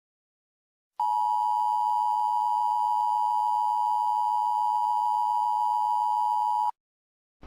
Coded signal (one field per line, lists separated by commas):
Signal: Emergency Alert System (SAME) tones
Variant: 853 and 960 Hz attention tone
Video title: (THE WORST EAS SCENARIO EVER)- Asteroid Shower (90's style)